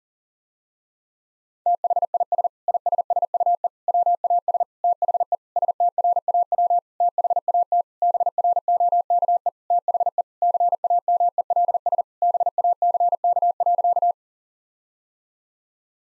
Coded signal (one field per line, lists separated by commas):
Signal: Morse code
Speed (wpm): 40 wpm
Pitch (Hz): 700 Hz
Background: none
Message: THIS ISSUE WAS THE STRAW THAT BROKE THE CAMELS BACK.